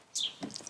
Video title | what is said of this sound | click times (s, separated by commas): Boscam K7 Wireless Back Up Camera Easy Installation in Honda Stepwagon RG1 | Here we go, that's the click | 0.6 s